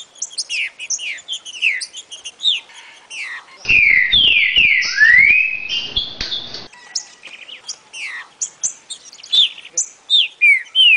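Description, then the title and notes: Green-winged saltator song: a loud, mellow run of falling and rising whistles, preceded and followed by many rapid high chirps. Part of a collection of Brazilian birds. "trinca ferro. kumpulan burung brazil"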